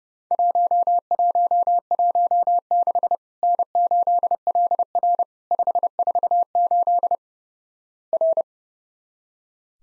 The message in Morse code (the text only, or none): 1116 N8LR 548 R